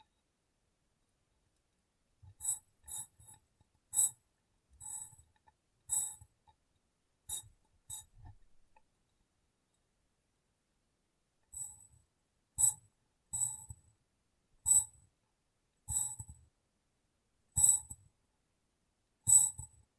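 Sharp, bright taps on a glass brain come in two bursts, roughly every half second, with a quiet pause from about eight to twelve seconds.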